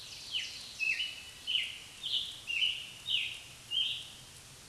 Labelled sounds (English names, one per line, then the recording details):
Scarlet Tanager song
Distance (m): 10 m
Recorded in a Pennsylvania forest on 1 June 2023 at 05:55
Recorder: AudioMoth, point grid3_2_high
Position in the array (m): 134 m, 30 m